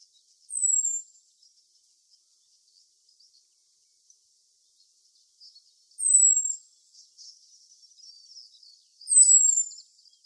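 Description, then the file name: Common blackbird calls: three thin, very high descending whistles, spaced several seconds apart, with faint high twittering between them. "Turdus merula"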